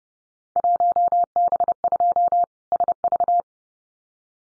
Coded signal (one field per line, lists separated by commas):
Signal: Morse code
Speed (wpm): 30 wpm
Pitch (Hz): 700 Hz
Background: none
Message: 1B2 SV